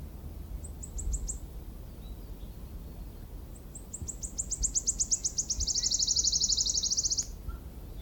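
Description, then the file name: Wood warbler song: a few high ticking notes at first, then a series that speeds up into a shivering trill. "Bøksanger"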